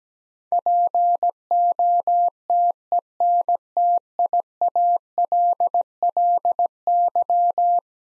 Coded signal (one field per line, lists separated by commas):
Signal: Morse code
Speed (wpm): 17 wpm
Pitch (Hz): 700 Hz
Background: none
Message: POTENTIALLY